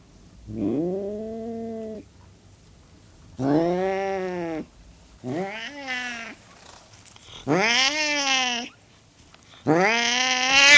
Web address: Sound Effects-BBC Cats Burmese. Burmese cat hissing and growling